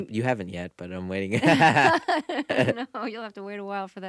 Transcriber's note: laughs